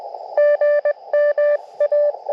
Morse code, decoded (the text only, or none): GMA